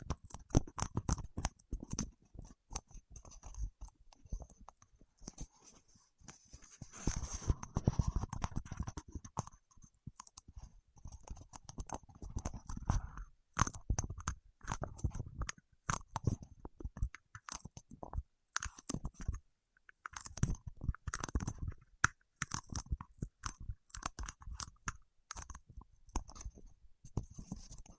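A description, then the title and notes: Wax-coated fingertips make dense, sticky crackles and taps, quick clicking bursts layered over soft low thumps. The rhythm is irregular, with busier stretches around 7–9 seconds and brief near-silent gaps around 13 and 19 seconds before the crackling resumes. ASMR with Wax Fingertips for Sleep (No Talking).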